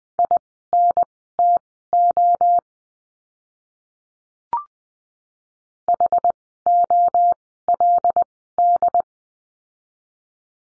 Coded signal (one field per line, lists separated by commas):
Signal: Morse code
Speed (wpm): 20 wpm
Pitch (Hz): 700 Hz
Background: none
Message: INTO HOLD